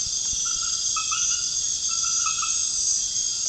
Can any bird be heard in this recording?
no